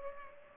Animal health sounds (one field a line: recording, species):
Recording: mosquito wingbeat signal from an infrared sensor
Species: Culex pipiens